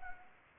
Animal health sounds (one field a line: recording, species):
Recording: mosquito wingbeat signal from an infrared sensor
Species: Anopheles gambiae